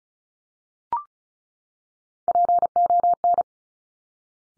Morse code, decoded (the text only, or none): PON